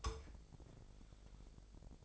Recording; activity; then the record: daily activity, microphone in the room; take from stove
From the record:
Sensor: 5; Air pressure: 999.5 hPa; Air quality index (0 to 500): 219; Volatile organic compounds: 20 ppm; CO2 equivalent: 2679 ppm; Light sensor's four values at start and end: 30/68/28/27 and 30/69/28/28